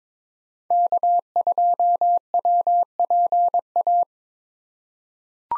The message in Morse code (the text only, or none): K2WPA